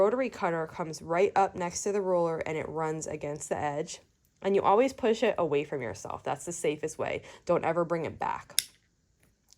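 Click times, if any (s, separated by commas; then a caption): 9.2 s, 9.5 s. Someone talks, then after a cut the plastic safety guard of a rotary cutter is slid closed over the blade and locked, so the blade is never left out where it could be dangerous, including for children. Two sharp clicks at 9.2 s and 9.5 s mark the guard locking in place.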